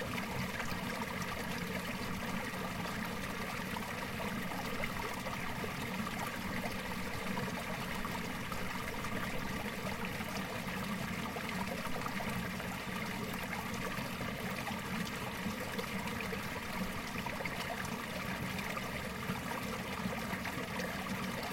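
Water runs steadily along an old stone canal, a continuous trickling and gurgling that holds the same level for the whole stretch. The flow sounds dense, with a low churning underneath and bright splashing on top, and nothing else breaks through.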